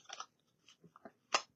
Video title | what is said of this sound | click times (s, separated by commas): Conceal Carry, Holsters, Carry Positions, and Situational Awareness Questions and Answers | and you'll hear it lock in. | 1.3 s